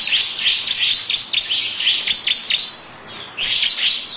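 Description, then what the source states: Lovebird chatter: rapid shrill chirps tumbling together, a short lull near three seconds, then another burst of squeaky notes. Long "ngekek" song; title also mentions ciblek.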